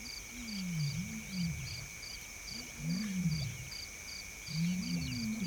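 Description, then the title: Hippopotamus calls: three bouts of deep, rumbling grunts that rise and fall in arched pulses, each bout lasting about a second, over a steady whirring insect chorus. Several hippos at a water hole. "George Vlad Hippos at water hole"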